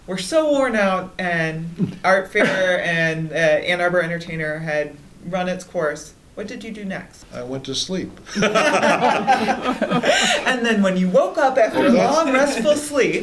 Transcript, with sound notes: were so worn out and Art Fare and Ann Arbor Entertainer had run its course, what did you do next?
I went to sleep. [LAUGHTER]
Then when you woke up after a long restful sleep.